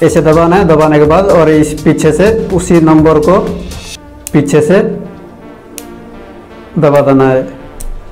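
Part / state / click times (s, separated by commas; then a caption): padlock shackle into lock body / not seated / none. Someone talks over background music while handling a digital keypad padlock, pressing its shackle down into the metal body and scrambling the code wheels. The shackle has not yet snapped locked, so nothing has seated or clicked yet.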